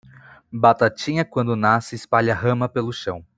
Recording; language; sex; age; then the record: short text; Brazilian Portuguese; male; 20 to 29 years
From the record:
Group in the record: control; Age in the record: 25 years